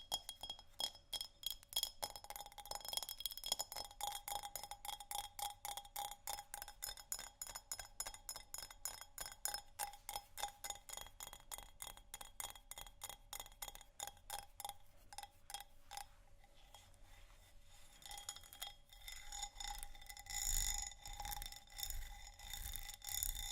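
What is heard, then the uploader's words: Textured glass is scratched and tapped in a quick, fairly regular run of small bright clicks and clinks, with some ringing tones underneath. The taps are dense throughout, thinning slightly past the middle, and a louder scraping burst comes around twenty seconds. ASMR Textured Glass Scratching & Tapping（No Talking）.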